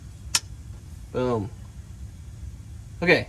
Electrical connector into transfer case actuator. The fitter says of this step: it on and should click in like this boom